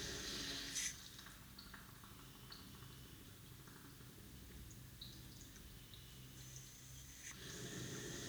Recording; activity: daily activity, guitar pickup as the sensor; flush